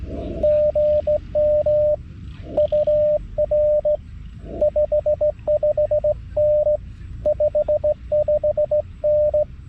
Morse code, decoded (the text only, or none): GM UR 55N 55N